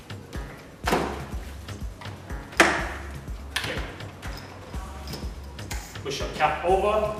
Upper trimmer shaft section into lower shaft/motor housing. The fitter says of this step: Once it's in there on the click, it's not going to come out again. Click.